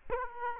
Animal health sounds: mosquito wingbeat signal from an infrared sensor; Aedes aegypti

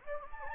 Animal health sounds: mosquito wingbeat signal from an infrared sensor; Anopheles gambiae

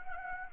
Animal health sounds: mosquito wingbeat signal from an infrared sensor; Anopheles gambiae

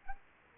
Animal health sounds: mosquito wingbeat signal from an infrared sensor; Anopheles arabiensis

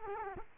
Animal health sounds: mosquito wingbeat signal from an infrared sensor; Culex quinquefasciatus

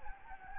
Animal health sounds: mosquito wingbeat signal from an infrared sensor; Anopheles gambiae

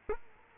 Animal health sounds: mosquito wingbeat signal from an infrared sensor; Culex quinquefasciatus

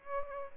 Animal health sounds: mosquito wingbeat signal from an infrared sensor; Aedes albopictus

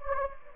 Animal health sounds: mosquito wingbeat signal from an infrared sensor; Anopheles gambiae

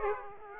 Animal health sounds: mosquito wingbeat signal from an infrared sensor; Aedes aegypti

